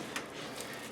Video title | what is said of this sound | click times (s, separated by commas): SafetyPro Evo Supply Loading | So I'm just putting in the spring side first, and it just clicks into place. | 0.2 s